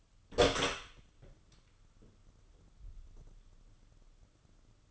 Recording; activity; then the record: daily activity, microphone in the room; open door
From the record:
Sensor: 4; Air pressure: 995.1 hPa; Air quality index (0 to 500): 185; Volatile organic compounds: 99 ppm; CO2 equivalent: 3748 ppm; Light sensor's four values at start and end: 5/12/5/5 and 21/54/20/24